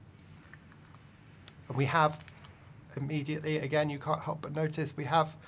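A plastic cap is handled and snapped shut onto the body of a second fountain pen that has the same clicking mechanism, with faint handling taps before one sharp, loud click at 1.5 s as the cap seats. Someone then talks.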